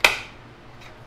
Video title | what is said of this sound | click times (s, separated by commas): Ryobi Band Saw Tutorial and Blade Change P590 | push it in until you hear a click | 0.1 s